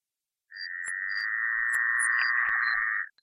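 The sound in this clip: Amphibian giving one long, even, buzzing trill held for about two and a half seconds, otherwise quiet with a few faint clicks.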